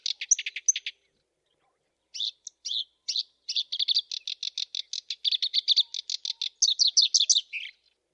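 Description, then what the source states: Black-browed reed warbler singing: a brief chattering burst, a pause, then a long rapid series of grating repeated notes ending in sharp, higher phrases. Masteran training recording of song, made for teaching captive songbirds.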